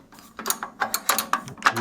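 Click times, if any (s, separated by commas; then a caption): 0.5 s, 0.8 s, 0.9 s, 1.1 s, 1.3 s, 1.7 s. A miter gauge head is rotated through its angle settings, and a spring detent on the gauge body clicks into each preset stop, such as 15 degrees. Sharp clicks are heard at 0.5, 0.8, 0.9, 1.1, 1.3 and 1.7 seconds, each one the detent seating into an angle stop.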